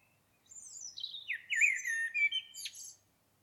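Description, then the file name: Common blackbird song, a thin descending whistle flowing into loud mellow warbling notes and a final sharp high twitter. "Turdus merula"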